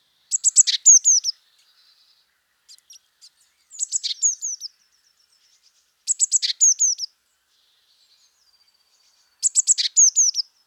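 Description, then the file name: Eurasian blue tit calls: four high phrases of fast notes and falling whistles, about every three seconds, with faint quiet notes in the gaps. "Cyanistes caeruleus"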